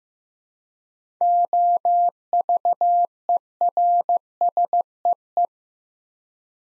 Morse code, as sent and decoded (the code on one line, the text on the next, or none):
--- ...- . .-. ... . .
OVERSEE